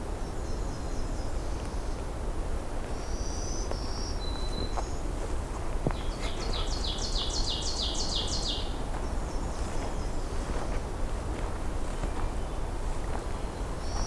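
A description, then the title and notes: Birdsong on an early morning hike: varied high chirps and whistles come and go throughout, with a dense, rapid trilling phrase from about six to nine seconds. A steady low rush of wind or ambient noise runs underneath the whole time. A June Morning Hike. It’s my last day at Johnston Harbour for 2022, and I’m doing an early morning hike - despite some overcast weather, the songs are both abundant and diverse.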